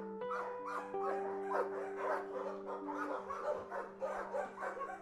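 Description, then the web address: Dog barking, many short harsh barks, with steady humming tones beneath. Recorded inside a dog boarding house. "dog boarding house. صدای-فضای-داخلی-پانسیون-سگها"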